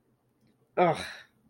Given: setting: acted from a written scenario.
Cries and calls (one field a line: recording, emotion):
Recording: vocal sound without words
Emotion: contempt